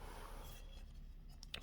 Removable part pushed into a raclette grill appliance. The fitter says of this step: faut bien entendu déclic est enfoncé et oui le jaune